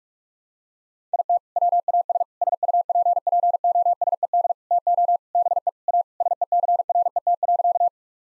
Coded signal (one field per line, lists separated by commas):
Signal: Morse code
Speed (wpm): 46 wpm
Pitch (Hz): 700 Hz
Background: none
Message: IT WAS SUPPOSED TO BE A SECRET.